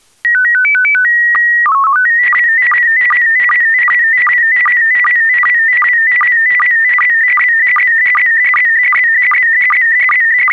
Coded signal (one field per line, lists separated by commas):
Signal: SSTV (slow-scan television)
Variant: PD 50